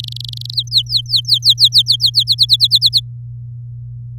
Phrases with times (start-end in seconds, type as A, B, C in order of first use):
0.00-0.54 A, 0.55-2.23 B, 2.27-3.00 C